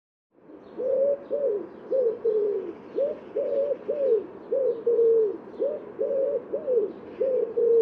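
Bird giving many short cooing notes in quick succession, each rising then falling, with brief pauses between them.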